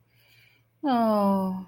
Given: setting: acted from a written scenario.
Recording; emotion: vocal sound without words; romantic love